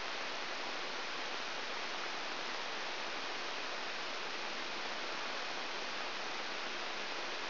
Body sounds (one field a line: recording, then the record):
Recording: brain microelectrode recording played as sound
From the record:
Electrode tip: outside the subthalamic nucleus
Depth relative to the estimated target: -6 mm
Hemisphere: right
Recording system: AlphaMap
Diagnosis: Parkinson's disease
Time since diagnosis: 13 years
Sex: male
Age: 63 years